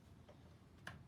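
A detachable metal blade is removed from a pet hair clipper by pressing the release button and pulling the blade forward. A faint click comes near 0.3 s, then a single sharp click at 0.9 s over a low background hum. The blade releases from the clipper.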